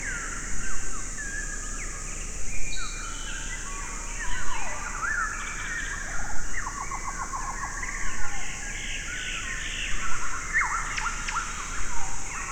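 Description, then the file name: Birds sing overlapping phrases of twitters, rattling trills and a few thin whistles against a steady high insect whine. Forest birds and insects on a spring or early summer morning, South Black Sea coast, Bulgaria. "Nature Forest Birds Insects Morning Spring Early Summer South Black Sea Bulgaria"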